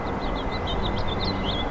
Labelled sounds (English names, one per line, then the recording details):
House Finch song
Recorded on Long Island, New York, on 17 April 2012
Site GW
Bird A